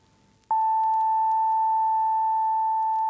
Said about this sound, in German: Sie hören abwechselnd aus dem linken Lautsprecher einen tiefen Ton und aus dem rechten einen höheren. Wir beginnen links. Jetzt rechts.